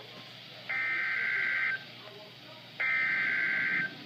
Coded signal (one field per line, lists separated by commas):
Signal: Emergency Alert System (SAME) tones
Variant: header bursts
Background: speech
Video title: Severe Thunderstorm Warning (EAS#55)